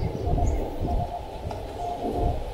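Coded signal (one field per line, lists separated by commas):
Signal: Morse code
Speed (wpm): 20 wpm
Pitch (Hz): 700 Hz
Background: none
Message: I S K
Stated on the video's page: CW at 5 and 100 watts on a park activation at Fish Creek Provincial Park, amid variable solar conditions.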